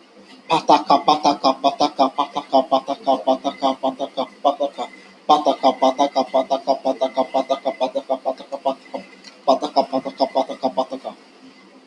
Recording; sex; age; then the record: repeated syllables /pa ta ka/; male; 20 to 29 years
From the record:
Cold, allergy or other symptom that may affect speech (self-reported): no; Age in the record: 28 years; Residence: Texas, United States